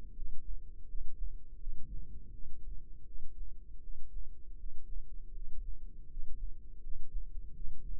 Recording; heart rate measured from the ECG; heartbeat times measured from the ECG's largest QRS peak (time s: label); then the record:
heart sounds by microphone in the left ear; 81 bpm
0.13 s: heartbeat
0.86 s: heartbeat
1.58 s: heartbeat
2.30 s: heartbeat
3.04 s: heartbeat
3.80 s: heartbeat
4.56 s: heartbeat
5.32 s: heartbeat
6.07 s: heartbeat
6.80 s: heartbeat
7.52 s: heartbeat
From the record:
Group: healthy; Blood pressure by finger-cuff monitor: 118/66 mmHg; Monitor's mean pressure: 81 mmHg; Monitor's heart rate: 81 bpm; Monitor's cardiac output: 8.1 L/min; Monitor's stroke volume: 102 mL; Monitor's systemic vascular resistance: 740 dyn s/cm5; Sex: male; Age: 33 years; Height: 179 cm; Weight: 80.4 kg